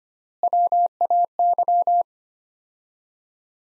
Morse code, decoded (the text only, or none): WAY